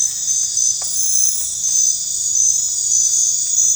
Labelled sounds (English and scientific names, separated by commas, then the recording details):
none
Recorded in dense forest near Puerto Asís, Putumayo, Colombia, on 22 December 2024 at 23:00
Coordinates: 0.468, -76.322
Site G071